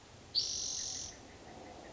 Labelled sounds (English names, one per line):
Spotted Towhee